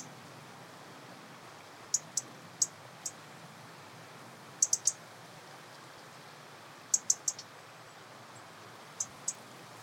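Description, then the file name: European robin calls: sharp, high-pitched notes arriving in small clusters of two or three, with quiet gaps between. "Erithacus rubecula"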